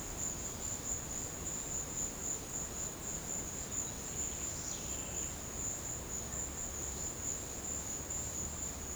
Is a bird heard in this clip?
no